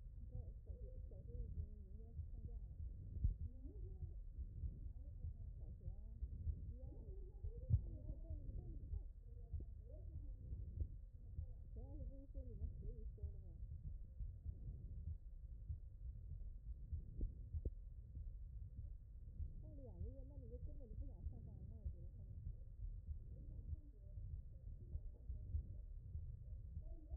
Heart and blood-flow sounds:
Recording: heart sounds by stethoscope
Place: mitral valve (MV)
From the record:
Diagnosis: HFrEF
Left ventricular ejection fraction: 25%

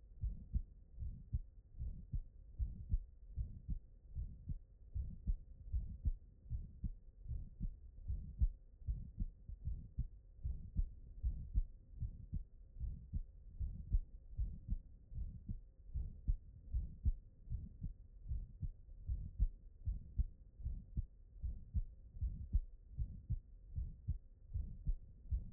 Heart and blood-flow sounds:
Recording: heart sounds by stethoscope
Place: mitral valve (MV)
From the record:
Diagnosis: non-HFrEF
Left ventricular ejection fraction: 65%

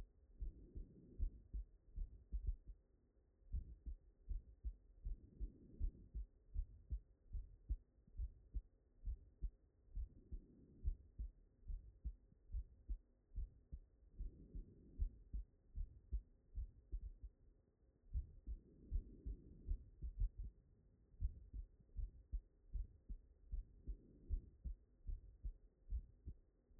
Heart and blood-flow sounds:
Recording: heart sounds by stethoscope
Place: pulmonary valve (PV)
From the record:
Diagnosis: non-HFrEF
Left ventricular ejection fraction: 68%

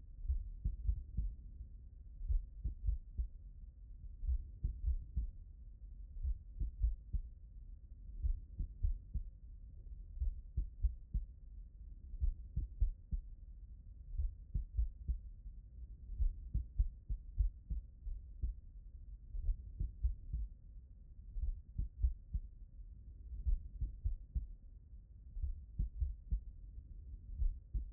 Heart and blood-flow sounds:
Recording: heart sounds by stethoscope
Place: tricuspid valve (TV)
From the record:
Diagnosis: non-HFrEF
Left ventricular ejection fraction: 69%

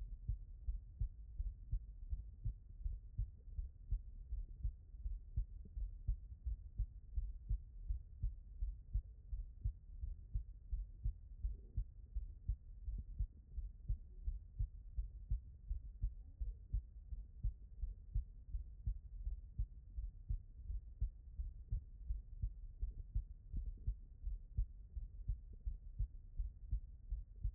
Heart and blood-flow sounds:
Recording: heart sounds by stethoscope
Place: tricuspid valve (TV)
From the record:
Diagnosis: non-HFrEF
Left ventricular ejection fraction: 58%

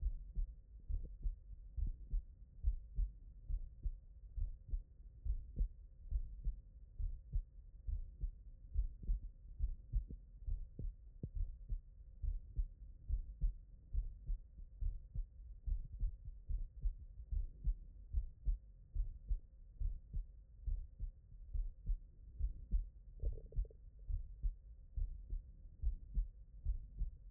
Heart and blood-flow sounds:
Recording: heart sounds by stethoscope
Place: tricuspid valve (TV)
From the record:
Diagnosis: non-HFrEF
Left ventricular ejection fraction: 42%

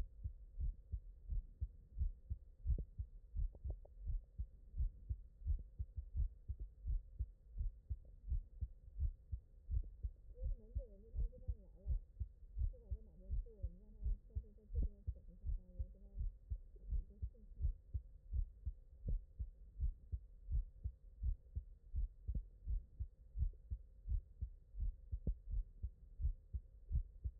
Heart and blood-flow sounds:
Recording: heart sounds by stethoscope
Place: mitral valve (MV)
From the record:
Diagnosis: non-HFrEF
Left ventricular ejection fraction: 78%

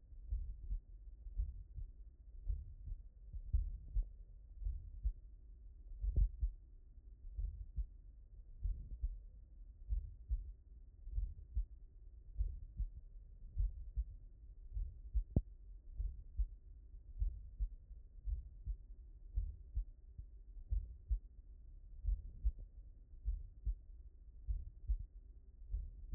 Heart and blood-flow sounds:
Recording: heart sounds by stethoscope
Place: mitral valve (MV)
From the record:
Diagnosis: HFrEF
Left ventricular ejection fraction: 35%

